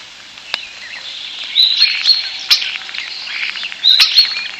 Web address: european starling